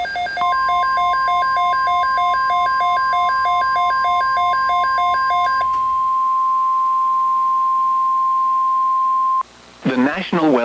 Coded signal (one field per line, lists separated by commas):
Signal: Emergency Alert System (SAME) tones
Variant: 1050 Hz attention tone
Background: speech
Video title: FIRST TORNADO OF 2026 | 3/11/2026 (EAS #1,811-29)